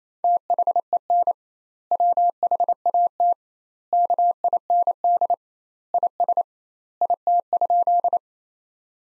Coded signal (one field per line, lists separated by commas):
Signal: Morse code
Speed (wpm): 28 wpm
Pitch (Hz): 700 Hz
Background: none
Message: THEN WHAT KIND IS IT?